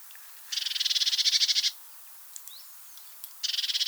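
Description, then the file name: Eurasian blue tit churring call: a dry, buzzy, rapidly pulsed rattle lasting over a second, then a second burst starting near the end, with faint chips between. "Cyanistes caeruleus"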